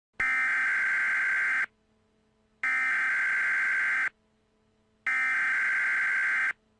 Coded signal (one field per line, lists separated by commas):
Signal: Emergency Alert System (SAME) tones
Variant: header bursts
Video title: EAS Scenario #3 Halloween (REUPLOAD + CONTAINS JUMPSCARES)